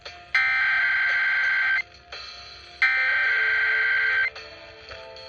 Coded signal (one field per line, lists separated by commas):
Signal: Emergency Alert System (SAME) tones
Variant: header bursts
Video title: Week of Required Monthly Tests EAS in Washington State(3-8-2021 ~ 3-12-2021)